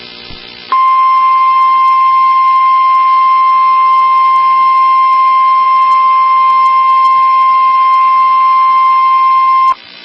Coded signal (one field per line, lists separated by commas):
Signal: Emergency Alert System (SAME) tones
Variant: 1050 Hz attention tone